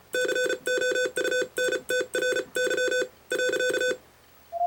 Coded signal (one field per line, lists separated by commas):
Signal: Morse code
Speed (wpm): 34 wpm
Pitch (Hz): 500 Hz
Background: none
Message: COUNTRY .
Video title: Morse Code and Ham Radio